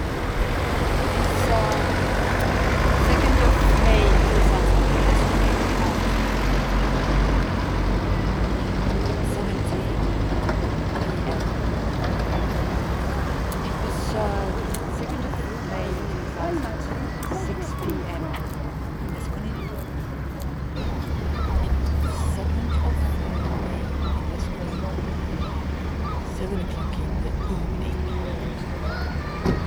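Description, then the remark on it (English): Steady road traffic rumbles throughout at Lesconil harbour in 2000, with heavy low-pitched swells as a few trucks, 21 cars and one motorcycle or moped pass, peaking around the start and again later, while faint voices murmur underneath. “Ohi meni muutamia kuorma-autoja ja 21 autoa ja yksi moottori tai mopo.”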